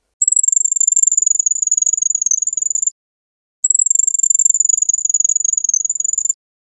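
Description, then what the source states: Russian canary song tour: a very high, pure trill of rapid even strokes, given in two long bursts separated by a short silence. Russian canary song tour called high-pitched rossyp, which some call silvery.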